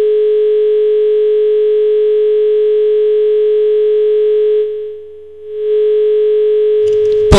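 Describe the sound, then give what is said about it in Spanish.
A telephone dial tone while trying to place a call hums steadily and loudly for several seconds, dipping briefly in volume before returning, then cuts off with a short crackling burst of noise. “No estamos llamando.”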